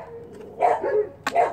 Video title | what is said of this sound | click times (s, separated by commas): GY6 Carburetor Fuel and Vacuum lines (simplified) and Ban Jing CDI intro 2 of 2 | you go see that look like a click boy when it went click click click okay and | 1.3 s